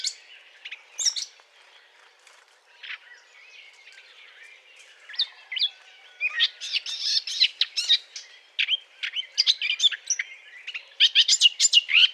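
Eurasian blackcap courtship song: sparse high notes at first, then quick bursts of scratchy, chattering warbling that grow louder and fuller toward the end.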